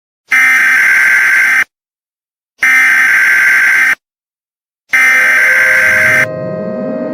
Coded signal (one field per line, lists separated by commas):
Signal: Emergency Alert System (SAME) tones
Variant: header bursts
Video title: #skibiditoilet Skibidi Toilet EAS SCENARIO (Part 3